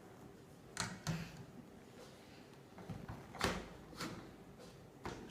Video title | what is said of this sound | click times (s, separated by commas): Портативный пылесос ATWFS HAVC-228 сборка | Щелк. И вот здесь вот так вот. | 5.0 s